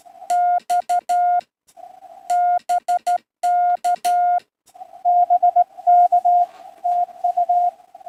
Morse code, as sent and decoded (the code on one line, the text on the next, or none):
-..- / -... -.- / -... -.- / - ..-
X BK BK TU